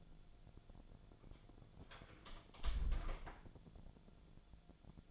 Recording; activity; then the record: daily activity, microphone in the room; close door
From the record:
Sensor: 5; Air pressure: 1000.6 hPa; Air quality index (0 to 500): 155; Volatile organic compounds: 2 ppm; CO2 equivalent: 1194 ppm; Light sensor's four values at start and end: 49/116/48/52 and 50/116/49/52